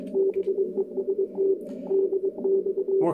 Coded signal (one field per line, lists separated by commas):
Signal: Morse code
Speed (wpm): 21 wpm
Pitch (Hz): 390 Hz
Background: speech, radio noise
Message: BEST DX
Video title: Hacksaw Morse key QSO with Bert 9A2UN in Solin, Croatia